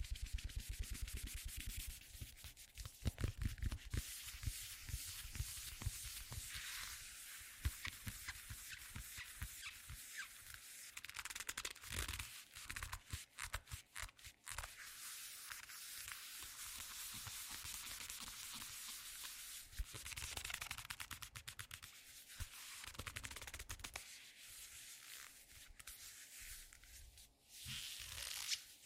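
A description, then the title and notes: A leather glove is worked continuously, producing a dense stream of scratchy creaks and rubbing crackles with sharper squeaky bursts throughout. The friction sounds are bright and hissy with a low rumbling undertone, briefly thinning near 10 and 27 seconds before resuming. TimASMR-ASMR Squeaky Leather Glove Sounds (NO TALKING).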